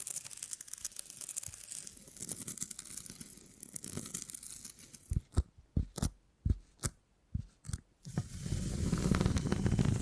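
Beeswax being handled with crinkly, tearing textures, a dense rustle first, then sharp separate snaps around seconds five to eight before steady rubbing returns.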